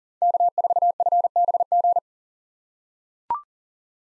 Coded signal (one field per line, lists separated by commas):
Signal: Morse code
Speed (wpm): 40 wpm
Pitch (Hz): 700 Hz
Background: none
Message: K4FBG